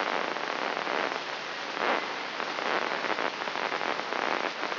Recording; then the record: brain microelectrode recording played as sound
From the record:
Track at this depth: inside the subthalamic nucleus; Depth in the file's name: 1.513 mm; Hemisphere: left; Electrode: 3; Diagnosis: Parkinson's disease